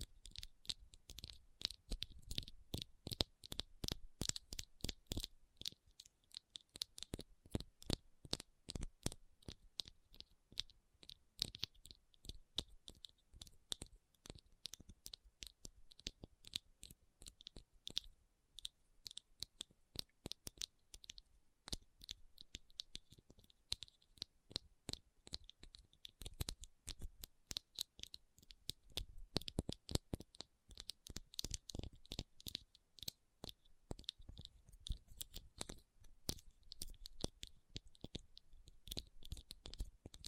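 Rhinestones are tapped and scratched in a dense, uneven stream of sharp, bright clicks that runs for the whole clip. The clicks come in quick bursts separated by brief lulls. Each lands crisply with a thin, glittery edge and no steady background underneath.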